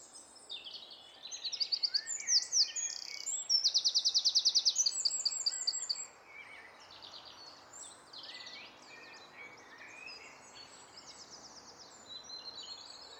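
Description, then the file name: Eurasian wren song: energetic high notes and a rapid trill over the first six seconds, followed by softer high twittering. "Troglodytes troglodytes"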